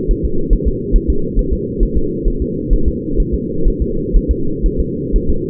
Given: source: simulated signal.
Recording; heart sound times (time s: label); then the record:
fetal heart sounds
0.11 s: S1
0.25 s: S2
0.53 s: S1
0.67 s: S2
0.96 s: S1
1.10 s: S2
1.39 s: S1
1.53 s: S2
1.83 s: S1
1.97 s: S2
2.28 s: S1
2.42 s: S2
2.73 s: S1
2.88 s: S2
3.20 s: S1
3.34 s: S2
3.68 s: S1
3.82 s: S2
4.16 s: S1
4.31 s: S2
4.66 s: S1
4.80 s: S2
5.16 s: S1
5.30 s: S2
From the record:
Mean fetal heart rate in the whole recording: 130 bpm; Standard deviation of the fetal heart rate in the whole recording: 4 bpm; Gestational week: 38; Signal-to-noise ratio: -8.1 dB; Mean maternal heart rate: 72 bpm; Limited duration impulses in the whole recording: present